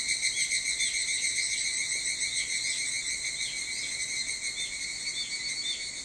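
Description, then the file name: Evening cicada song, a loud, steady high-pitched chorus pulsing rapidly, about three to four pulses a second, with faint short chirps in the background. Recorded on 22 July 2023 at 04:40. "higurashi 230722 0440"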